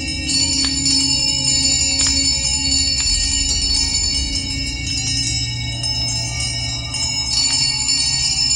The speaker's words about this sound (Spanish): Oscilaba tan suavemente al principio que apenas producía sonido, pero pronto sonó estrepitosamente, y lo mismo hicieron todas las campanillas de la casa.